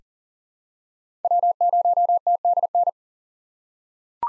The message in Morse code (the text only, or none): W0TDN